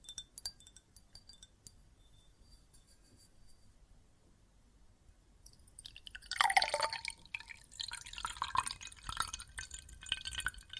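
Water and soap foam sounds: the first half is quiet, with sparse small clicks, drips and a faint glassy clink. Around six seconds a louder bright fizzing and splashing starts, crackling densely with quick wet pops and sloshes through to the end.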